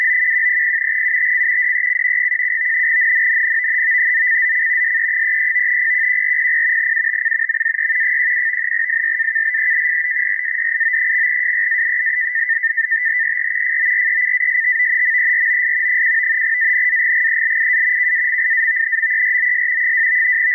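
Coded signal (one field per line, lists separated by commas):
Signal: NAVTEX (SITOR-B)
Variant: 100 baud SITOR-B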